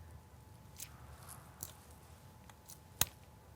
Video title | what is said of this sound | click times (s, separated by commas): TenPoint TX 28 Crossbow: COMPLETE Rundown and Speed Test! | there you heard it click and you saw I pushed once and it didn't click second time it did click | 3.0 s